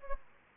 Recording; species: mosquito wingbeat signal from an infrared sensor; Anopheles gambiae